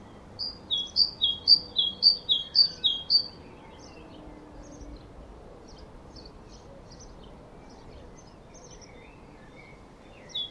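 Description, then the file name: Great tit delivering a short series of about six clear two-note high-low phrases, followed by a long quiet stretch and one more note at the end. "Parus major"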